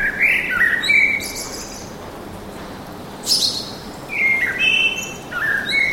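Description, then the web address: Birds chirping in short slurred whistles and high twitters, several phrases spaced by brief pauses, over a light steady background hiss. Birds singing in a park, urban atmosphere. "sonido de la atmosfera urbana con pajaros cantando en el parque"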